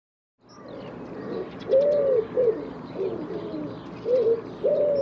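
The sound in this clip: Bird giving low, mellow coos in uneven phrases, some notes arching up and down, after a brief silent start.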